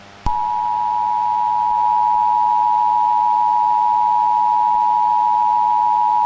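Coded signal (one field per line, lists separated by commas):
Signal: Emergency Alert System (SAME) tones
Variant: 853 and 960 Hz attention tone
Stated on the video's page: Simulated EAS alerts in a fictional audio drama, with a rain backdrop.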